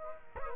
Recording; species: mosquito wingbeat signal from an infrared sensor; Culex quinquefasciatus